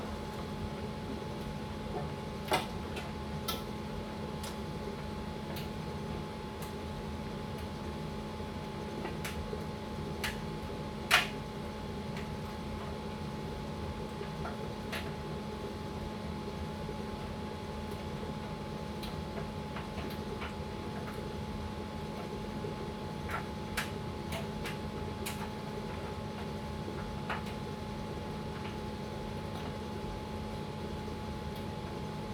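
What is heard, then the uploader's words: An electric dryer hums steadily with a low rumble and a faint constant whine, broken by scattered light ticks and clicks every few seconds. Electric dryer white noise. The gentle hum of the dryer. The rhythmic sound of the clothes tumbling and the soft whir of the machine.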